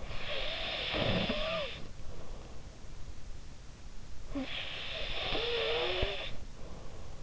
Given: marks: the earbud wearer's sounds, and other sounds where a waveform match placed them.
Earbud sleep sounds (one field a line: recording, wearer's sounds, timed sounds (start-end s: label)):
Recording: sounds in sleep by an in-ear microphone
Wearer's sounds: snoring breath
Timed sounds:
0.00-2.52 s: snoring breath
4.23-7.23 s: snoring breath